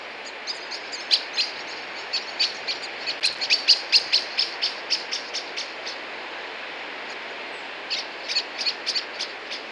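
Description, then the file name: Common blackbird calls: sharp, clicking chips repeated rapidly and unevenly, building to a dense run midway, then a pause and a shorter burst near the end. "Turdus merula"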